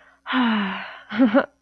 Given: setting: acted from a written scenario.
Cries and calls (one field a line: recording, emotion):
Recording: vocal sound without words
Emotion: romantic love